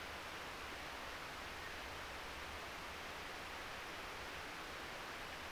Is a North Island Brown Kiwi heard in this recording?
no